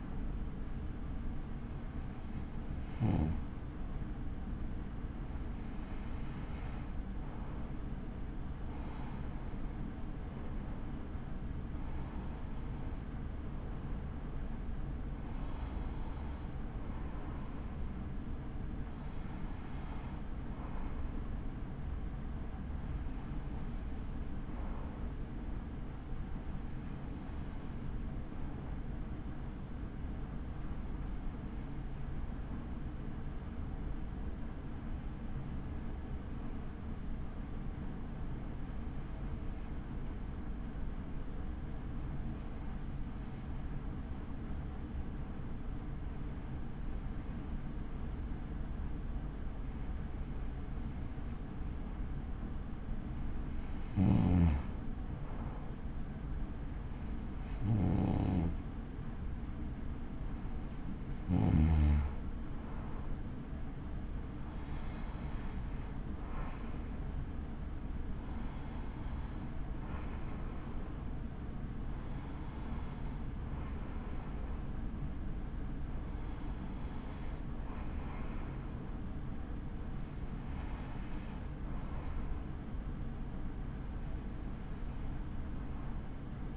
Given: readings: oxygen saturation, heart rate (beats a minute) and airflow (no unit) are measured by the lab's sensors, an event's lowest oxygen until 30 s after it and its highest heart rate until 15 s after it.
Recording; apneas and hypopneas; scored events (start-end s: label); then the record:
breathing in sleep by a smartphone at the bedside; 1
28.00-77.20 s: hypopnea (N2, oxygen 96% highest, then 93% lowest, heart rate 61 at the start, 61 highest)
From the record:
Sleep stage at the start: N2 (light sleep); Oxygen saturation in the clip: 93 to 96%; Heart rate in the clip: 42 to 68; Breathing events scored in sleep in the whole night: 83 in 6.1 hours asleep